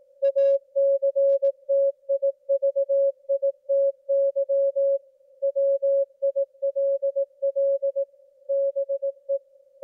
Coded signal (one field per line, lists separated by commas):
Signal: Morse code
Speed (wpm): 18 wpm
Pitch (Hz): 550 Hz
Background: music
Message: ACTIVITY WILL BE